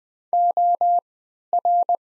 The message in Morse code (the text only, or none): OR